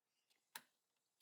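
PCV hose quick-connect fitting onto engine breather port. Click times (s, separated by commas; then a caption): 0.6 s. While an oil catch can is installed on a Jeep Grand Cherokee 3.6L, the rear PCV/breather hose quick-connect fitting is pushed back onto its port on the engine. A sharp, bright click is heard at 0.6 s, with faint ticks around 0.3 s and another short burst of sound near the end. The fitting is confirmed seated.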